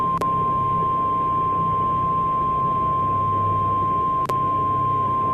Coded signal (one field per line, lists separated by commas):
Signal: Emergency Alert System (SAME) tones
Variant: 1050 Hz attention tone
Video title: 4 Scariest Emergency Alerts & EAS Alarms (Vol. 4)